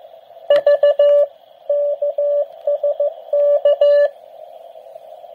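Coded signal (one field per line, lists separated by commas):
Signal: Morse code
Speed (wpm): 14 wpm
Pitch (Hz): 580 Hz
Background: radio noise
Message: V KSK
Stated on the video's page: QRP contact using a portable uSDX 8-band SDR transceiver.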